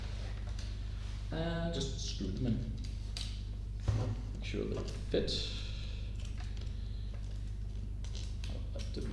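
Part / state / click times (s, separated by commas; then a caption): screw into robot frame part / not seated / none. Someone talks while trying to start a screw into a robot assembly's frame part, with faint taps, scrapes and small clicks over a steady low hum. The screw fails to catch the thread, so nothing has seated or clicked into place yet.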